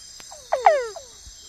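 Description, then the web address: Peters' dwarf frog giving two quick downward-sweeping whines, the second longer and louder, with faint extra notes on either side and a constant high insect drone. Recorded in the Ecuadorian Amazon. "Natures Songs S America Frogs of Ecuadorian Amazon Physalaemus petersi"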